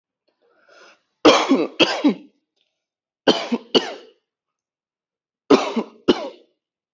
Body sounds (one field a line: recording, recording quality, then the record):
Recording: heavy voluntary cough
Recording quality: excellent, no background noise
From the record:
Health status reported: healthy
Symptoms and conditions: none ticked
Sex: male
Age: 30 years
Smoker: yes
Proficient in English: yes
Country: India